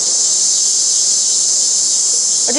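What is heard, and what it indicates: A steady, very high-pitched hissing buzz holds unchanged for about two and a half seconds, with almost nothing in the low range. It is a simulated tinnitus sound resembling the song of summer cicadas, a continuous electric sizzle heard inside the ear.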